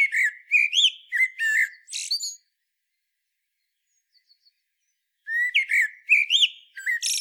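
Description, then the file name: Common blackbird song: two warbling phrases of fluted notes with shrill twittered endings, split by a three-second pause holding a few faint high ticks. "Turdus merula"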